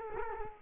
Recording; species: mosquito wingbeat signal from an infrared sensor; Culex quinquefasciatus